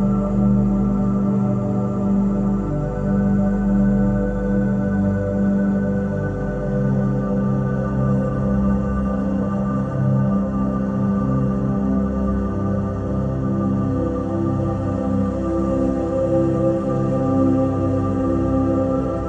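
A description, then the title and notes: A sustained 174Hz solfeggio drone hums steadily with layered low tones and a faint shimmering overtone, like a softly ringing bowl, unchanging throughout. Pain Relief Sounds - Solfeggio Frequency 174Hz.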